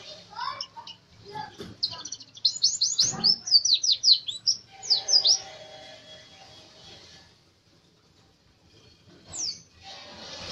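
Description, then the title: White-eye song: a burst of rapid, high, sharply slurred notes, then near silence with one last high note. Pleci Dakun from Bali, a national champion songbird; song style described as ngerol gacor teler. "pleci Dakun Bali Ngerol Gacor Teler Juara Nasional"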